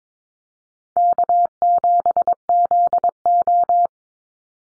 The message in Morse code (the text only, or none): K7ZO